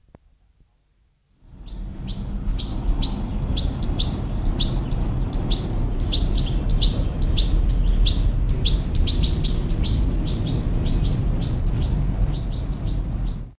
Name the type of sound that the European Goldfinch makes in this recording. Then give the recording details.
call. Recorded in the wild. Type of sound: call. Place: Hannover, Niedersachsen, DE. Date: 1986-08-18. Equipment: Halbspur, 9,5 cm/s. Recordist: Lütgens, Hans. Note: Flügger Junger beim Haus